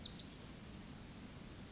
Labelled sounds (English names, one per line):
Pacific Wren